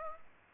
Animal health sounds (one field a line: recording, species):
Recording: mosquito wingbeat signal from an infrared sensor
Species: Aedes aegypti